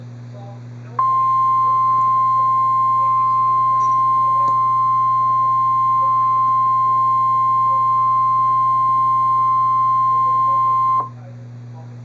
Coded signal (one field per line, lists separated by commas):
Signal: Emergency Alert System (SAME) tones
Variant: 1050 Hz attention tone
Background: speech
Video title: Real NOAA Weather Radio EAS Alert #138